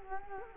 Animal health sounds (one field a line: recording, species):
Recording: mosquito wingbeat signal from an infrared sensor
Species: Culex quinquefasciatus